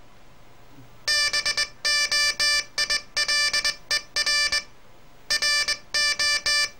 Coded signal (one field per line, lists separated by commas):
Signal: Morse code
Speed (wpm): 20 wpm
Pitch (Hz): 1750 Hz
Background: none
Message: BOILER RO